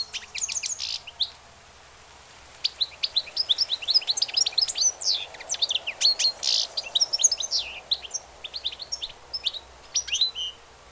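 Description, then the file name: Finch singing a lively, jangling twitter of quick high tinkling notes, starting with a brief phrase, then a pause and a long run. "pintassilgo"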